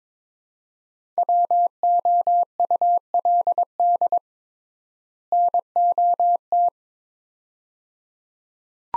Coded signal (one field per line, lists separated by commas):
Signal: Morse code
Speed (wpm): 22 wpm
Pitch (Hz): 700 Hz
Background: none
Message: WOULD NOT